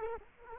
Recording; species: mosquito wingbeat signal from an infrared sensor; Culex quinquefasciatus